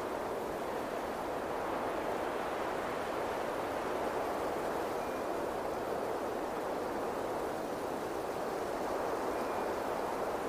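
Steady wind rushes without pause, a dense, even hiss centered in the low-middle range that sounds close to running water. The level holds constant across the whole stretch, with no gusts or separate events standing out.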